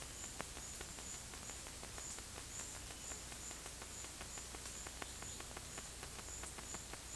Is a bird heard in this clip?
no